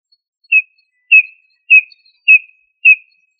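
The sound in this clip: Quail calling with short, high, slightly falling whistles repeated steadily about every 0.6 seconds against a silent background.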